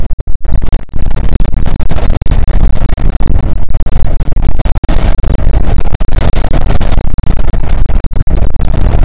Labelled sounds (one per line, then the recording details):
wind
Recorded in the Arctic National Wildlife Refuge, Alaska, on 5 June 2019 at 00:00
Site 48